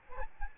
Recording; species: mosquito wingbeat signal from an infrared sensor; Aedes albopictus